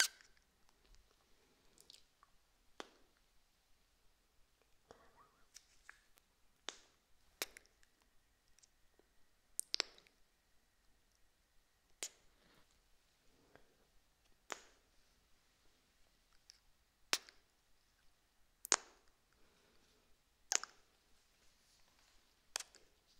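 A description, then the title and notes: Kiss sounds come as sharp, bright smacks every second or two over near silence, with faint softer lip and mouth noises between them. ASMR Kiss Sounds.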